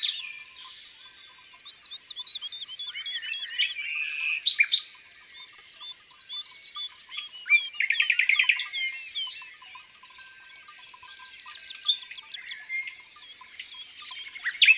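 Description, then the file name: Common nightingale song of rich, varied phrases: whistles, rapid rattling trills and sharp chirps in changing bursts. In the countryside. "Rossignol philomele Chants doiseaux dans la campagne"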